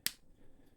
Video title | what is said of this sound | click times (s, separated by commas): Transformers - Age of the Primes - Deluxe Class Alchemist Prime Review | So I have to hear that little click which pushes it out of place. | 0.1 s